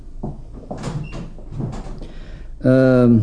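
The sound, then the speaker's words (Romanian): Muffled voices and shuffling give way to a door swinging shut, ending in a loud, sustained creaking squeal from its hinges that lasts about half a second. “Închide ușa acum.”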